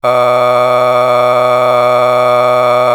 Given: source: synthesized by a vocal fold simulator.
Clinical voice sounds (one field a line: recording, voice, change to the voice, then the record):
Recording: sustained vowel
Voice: male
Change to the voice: a random mix of aspiration noise, stiffness perturbation and strain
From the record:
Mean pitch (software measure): 124 Hz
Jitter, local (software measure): 1.26%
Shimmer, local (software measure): 8.0%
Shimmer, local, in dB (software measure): 0.71 dB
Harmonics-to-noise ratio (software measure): 13.6 dB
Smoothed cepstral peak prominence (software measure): 17.2 dB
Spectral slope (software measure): -14.2 dB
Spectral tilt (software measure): -9.8 dB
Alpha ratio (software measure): -4.7 dB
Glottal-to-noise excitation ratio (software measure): 0.955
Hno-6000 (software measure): 1.9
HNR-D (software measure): 28.1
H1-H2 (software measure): 1.4 dB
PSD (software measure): 1.1e-04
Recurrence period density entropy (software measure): 0.117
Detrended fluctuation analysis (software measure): 0.0311